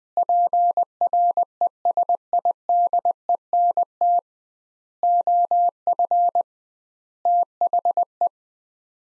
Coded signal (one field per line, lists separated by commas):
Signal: Morse code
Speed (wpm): 20 wpm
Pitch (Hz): 700 Hz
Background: none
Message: PRESIDENT OF THE